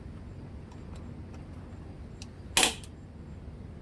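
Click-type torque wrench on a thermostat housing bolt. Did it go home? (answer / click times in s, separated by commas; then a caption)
yes / 2.6 s. A click-type torque wrench tightens the top bolt of the thermostat housing on a 2012 Dodge Avenger until it clicks at its set torque. A faint tick at 2.2 s comes before the loud, sharp click of the wrench at 2.6 s, followed by a small tap at 2.8 s over a steady low background hum. The wrench clicks at its setting, confirming the bolt is torqued.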